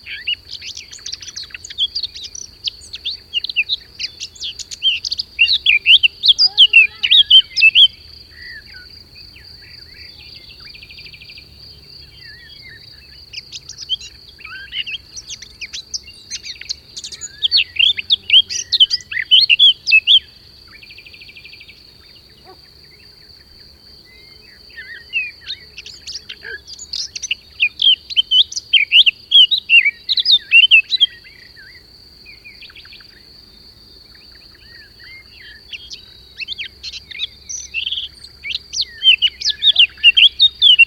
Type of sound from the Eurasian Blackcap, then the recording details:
song. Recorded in the wild. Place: Džebel, Khaskovo, BG. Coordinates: 41.312, 25.274. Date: 1974-05-28. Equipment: Nagra III BH, Sennheiser MD 21, parabola. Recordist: Schubert, Michael